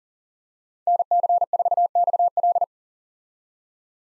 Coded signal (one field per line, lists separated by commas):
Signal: Morse code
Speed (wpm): 40 wpm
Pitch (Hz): 700 Hz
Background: none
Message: NC4XL